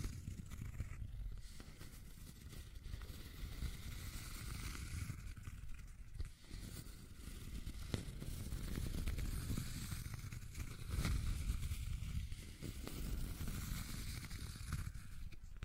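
Continuous scratching and tracing, a dense rasping texture with a low rumble underneath and a bright hiss on top. Short clicks and sharper strokes break through often, notably around 8 and 11 seconds, where the sound briefly swells louder.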